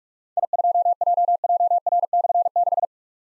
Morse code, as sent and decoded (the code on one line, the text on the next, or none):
.. ..--- .--- .--- .-. -..-. -....
I2JJR/6